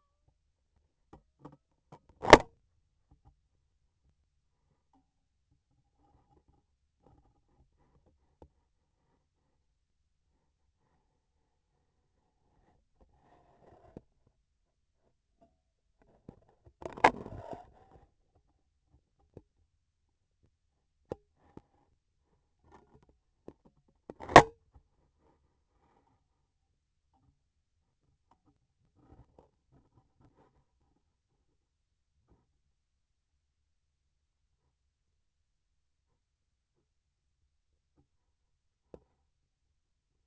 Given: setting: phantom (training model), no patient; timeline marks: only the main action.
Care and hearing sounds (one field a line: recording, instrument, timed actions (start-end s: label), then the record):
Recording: laparoscopic instrument, vibration sensor on the handle end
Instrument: scissors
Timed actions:
2.02-2.66 s: cutting thread
23.88-24.74 s: cutting thread
From the record:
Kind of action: gesture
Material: cotton thread